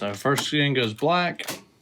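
A refillable black dye-sublimation ink cartridge is being handled for insertion into the cartridge bay of an Epson WF-7710 inkjet printer. Someone talks throughout the clip. Nothing has seated or clicked yet.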